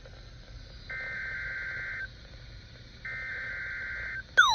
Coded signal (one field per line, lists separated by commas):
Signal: Emergency Alert System (SAME) tones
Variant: header bursts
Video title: KXI42 Required Weekly Test. 7/24/24. EAS #131